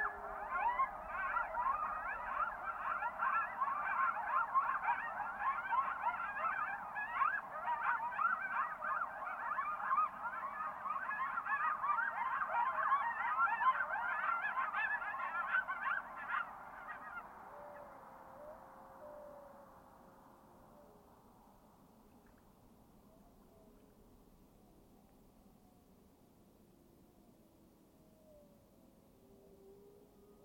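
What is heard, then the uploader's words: A dense chorus of coyotes and wolves yips and howls over one another for about seventeen seconds, echoing through a deep valley. The calling thins and fades by twenty seconds, leaving near quiet with a faint, low howl and soft background rumble. Coyotes And Wolves Call-and-Response. Coyotes and Wolves seemingly not wanting to be outdone, their howls drown in the lush reverberation of a deep basaltic-walled glacial valley.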